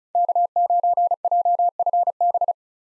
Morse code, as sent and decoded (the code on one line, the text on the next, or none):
-.- ----. .--- ..-. -...
K9JFB